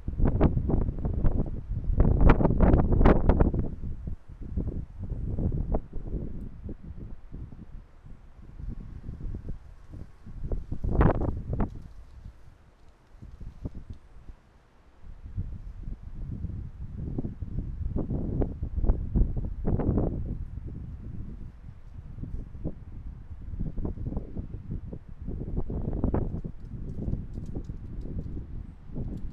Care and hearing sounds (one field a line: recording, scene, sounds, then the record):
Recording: everyday scene through a hearing-aid microphone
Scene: wind on the microphone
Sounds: squally wind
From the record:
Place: parking lot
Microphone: behind the ear, right, front